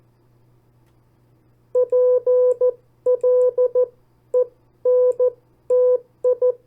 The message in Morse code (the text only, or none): PLENTI